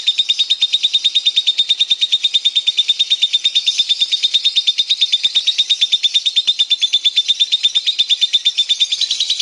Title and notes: suara Master Kicau Lovebird ngekek, kicau pancingan